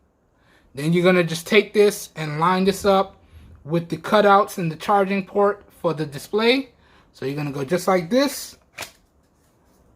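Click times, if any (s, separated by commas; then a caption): 8.8 s. The front section of an Annymall plastic case for an iPhone 11, with a built-in screen cover, is lined up with the cutouts and charging port and pressed onto the phone body while someone talks. A short, sharp click at 8.8 s marks the front frame snapping into place, seated.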